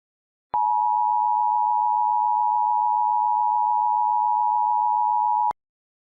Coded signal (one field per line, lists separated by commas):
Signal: Emergency Alert System (SAME) tones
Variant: 853 and 960 Hz attention tone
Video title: EAS Scenario: Remember Me Forever - Spring Fling 2023 Entry